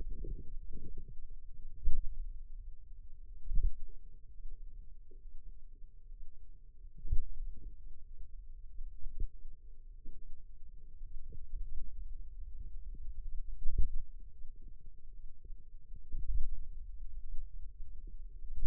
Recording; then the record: forearm muscle sounds (acoustic myography)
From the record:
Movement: pen grasping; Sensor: system 2, bracelet of six BSWA MPA416 microphones around the upper forearm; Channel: 6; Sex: female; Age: 22 years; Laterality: right